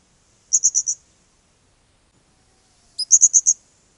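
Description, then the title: Blue-crowned hanging parrot call: a quick run of four very high, buzzy notes, then after a pause a sharp chip and another run of four. "SERINDIT"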